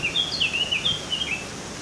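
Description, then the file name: Eurasian blackcap singing a quick sequence of clear, varied whistled notes in under two seconds, over background hiss. "Sylvia atricapilla"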